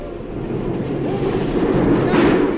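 Artificial thunder made by lackeys in savings-bank livery shaking metal sheets during a staged artificial storm: a steady, dense rumbling roar that swells slightly louder toward the end, with a brief brighter rattle near the close.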